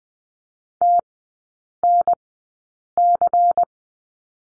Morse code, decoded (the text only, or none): TNC